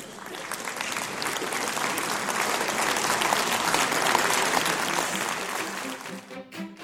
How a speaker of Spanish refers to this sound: Así que en esta tercera ponencia lo recibimos con un fuerte aplauso